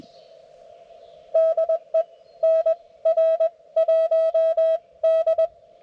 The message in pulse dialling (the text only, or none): none